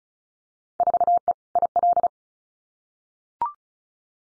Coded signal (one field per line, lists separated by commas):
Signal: Morse code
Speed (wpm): 36 wpm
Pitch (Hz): 700 Hz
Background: none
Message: 4E IL